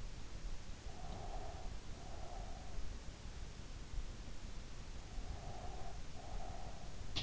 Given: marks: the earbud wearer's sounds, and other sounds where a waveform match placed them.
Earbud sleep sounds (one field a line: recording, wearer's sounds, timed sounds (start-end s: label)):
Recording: sounds in sleep by an in-ear microphone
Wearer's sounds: breath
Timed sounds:
0.79-2.91 s: breath
5.16-6.96 s: breath
6.96-7.23 s: sound from someone else or the room